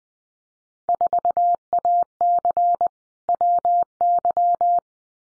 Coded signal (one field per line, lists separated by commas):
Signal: Morse code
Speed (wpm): 19 wpm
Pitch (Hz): 700 Hz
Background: none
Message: 4AC WY